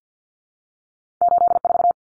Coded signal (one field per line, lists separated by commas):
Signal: Morse code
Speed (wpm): 50 wpm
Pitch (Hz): 700 Hz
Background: none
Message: 84